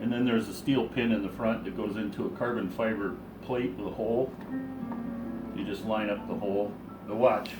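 Someone talks while handling the hatch of a 1/8th scale RC race boat, lining up the steel pin at its front with the hole in a carbon fiber plate, with music playing in the background. The pin has not yet gone into the plate, and nothing has seated or clicked yet.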